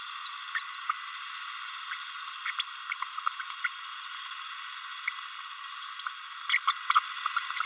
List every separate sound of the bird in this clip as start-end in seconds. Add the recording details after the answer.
0.55-0.59, 2.45-2.52, 2.58-2.64, 2.91-2.94, 3.64-3.68, 6.49-6.58, 6.67-6.73, 6.90-7.00. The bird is a female. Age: 30 days. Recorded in a nest box in Venezuela. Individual 17B32A7